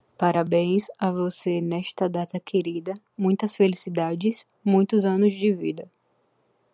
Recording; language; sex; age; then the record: short text; Brazilian Portuguese; female; 20 to 29 years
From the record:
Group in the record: control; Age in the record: 23 years